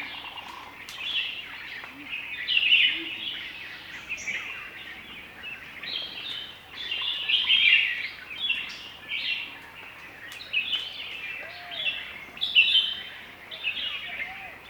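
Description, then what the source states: Bulbul chatter, a steady tangle of cheerful chirps and warbles from several birds, surging every few seconds, with occasional soft lower notes in the background. Several bulbuls, described as cheery.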